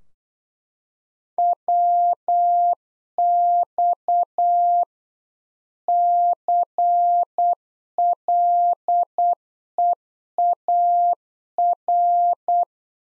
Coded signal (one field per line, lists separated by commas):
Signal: Morse code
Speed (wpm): 8 wpm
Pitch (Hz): 700 Hz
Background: none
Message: WX CLEAR